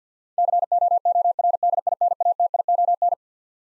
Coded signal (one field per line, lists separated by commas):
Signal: Morse code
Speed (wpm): 50 wpm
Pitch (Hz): 700 Hz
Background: none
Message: COORDINATION